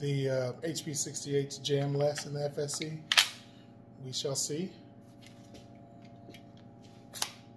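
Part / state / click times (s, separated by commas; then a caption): projectile magazine into carbine conversion / seated / 7.2 s. A magazine loaded with HP68 projectiles and the stock spring is inserted into an FSC carbine conversion while someone talks. A sharp click at 7.2 s confirms that the magazine has seated in the carbine.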